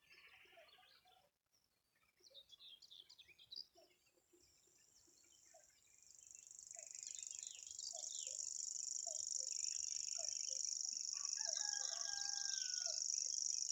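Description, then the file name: Common grasshopper warbler reeling: other calls at first, then a thin, rapid, cricket-like trill swells in and continues to the end. "reti tucsokmadar hangja"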